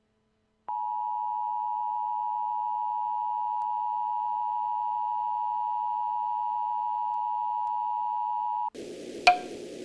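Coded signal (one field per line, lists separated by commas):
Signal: Emergency Alert System (SAME) tones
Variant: 853 and 960 Hz attention tone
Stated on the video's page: Fictional EAS broadcast imagining the events of the film Pixels.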